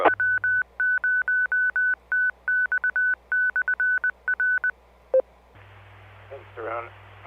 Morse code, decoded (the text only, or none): W0TX/R